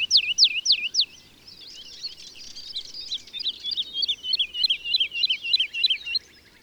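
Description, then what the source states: Woodlark song: a few slow, loud slurred whistles, a quieter stretch, then a quick repeated series of twisting liquid notes. March.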